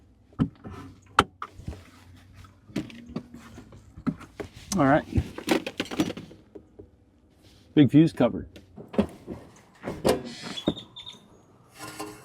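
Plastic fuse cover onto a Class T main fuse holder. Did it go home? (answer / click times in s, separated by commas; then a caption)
no / none. A plastic cover is handled over the big Class T main fuse holder in an Airstream trailer's 900Ah lithium battery bank, with sharp clicks and taps of handling, a flurry of light knocks around 5.4–6.0 s, and someone talking. The cover is not yet pressed home, and nothing has seated or clicked yet.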